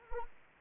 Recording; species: mosquito wingbeat signal from an infrared sensor; Anopheles arabiensis